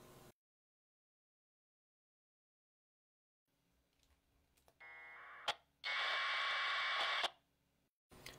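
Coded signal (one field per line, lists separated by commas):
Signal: packet radio (AX.25, as in APRS)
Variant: 1200 baud AFSK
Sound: brief squelch noise, short chirp, then about one and a half seconds of harsh warbling data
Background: radio hiss, low hum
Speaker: next I'll type the info command to get information about this node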